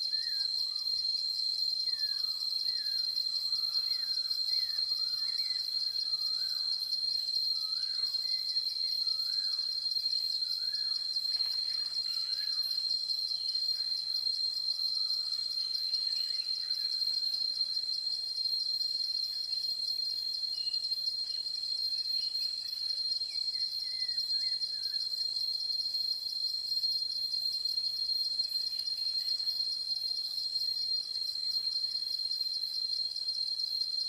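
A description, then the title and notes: Forest sound dominated by a steady, dense, high-pitched drone of crickets and insects that runs unbroken for the whole clip. Short chirping calls sound in quick runs during the first ten seconds, with a rustling burst near twelve seconds and scattered calls later. Sound in the forest.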